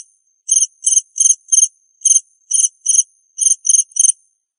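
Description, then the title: Cricket chirps, a few short series of high pulsed bursts separated by brief gaps. "suara Hujan Guntur Suara Jangkrik Dan Burung"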